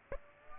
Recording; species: mosquito wingbeat signal from an infrared sensor; Aedes aegypti